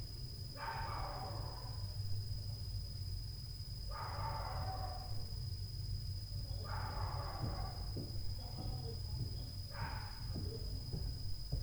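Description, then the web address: Dog barking, four drawn-out rasping barks roughly every three seconds, over a low rumbling background and a steady high-pitched hum. Night noise in 2022 at 23:26; the dog has been making noise since 22:00. "zone 51 2022 Night Noise 07-10 23 H 26 KIDS DOG NOISE since 22 H 00"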